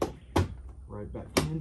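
A painted plastic 2020 bumper garnish is being handled and pressed back onto the bumper clips of a 2018 Civic Sport Hatch, with a few short handling thumps while someone talks. Nothing has seated or clicked into place yet.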